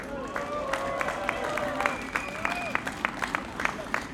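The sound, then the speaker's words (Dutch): A crowd at a May Day union rally applauds the union's cadre members steadily for a few seconds, a dense wash of clapping with sharper individual claps popping through, mixed with scattered cheers and raised voices. “Complimenten voor de kaderleden die dat voor elkaar hebben gekregen. Laat een applaus horen.”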